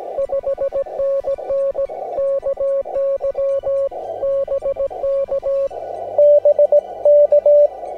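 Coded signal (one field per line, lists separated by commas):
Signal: Morse code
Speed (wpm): 17 wpm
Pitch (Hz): 560 Hz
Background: music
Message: 5NN KY BK BK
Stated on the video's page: Gentle Morse tones with a deliberate, rhythmic cadence for relaxation.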